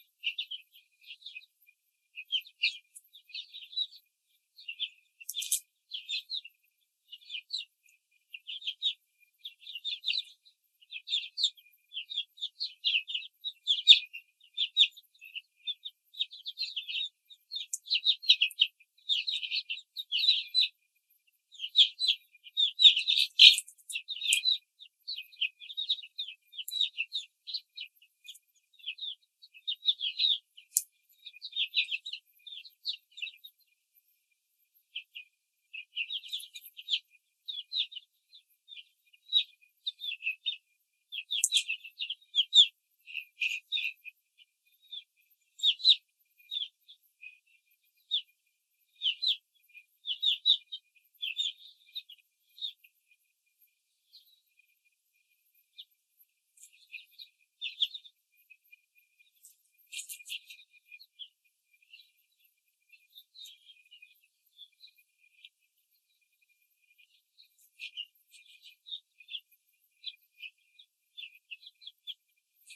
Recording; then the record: young laying hens in a cage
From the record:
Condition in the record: control cage, before the stress test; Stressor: none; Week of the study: 4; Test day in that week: 3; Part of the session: 3